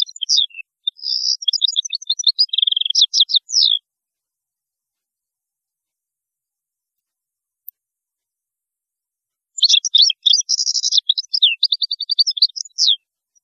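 European goldfinch song: two bursts of rapid tinkling, twittering notes with buzzy trills, the first about four seconds long, then a pause before a second similar phrase.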